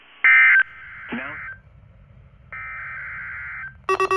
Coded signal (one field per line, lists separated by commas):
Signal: Emergency Alert System (SAME) tones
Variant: end-of-message bursts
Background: speech